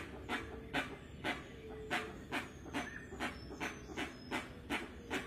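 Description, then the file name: Rusty-margined guan giving harsh, breathy chuffing notes, evenly repeated about two to three times a second, with faint whistles from other birds behind. "Canto da jacupemba"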